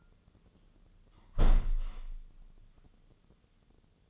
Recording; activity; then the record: daily activity, microphone in the room; close window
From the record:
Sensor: 4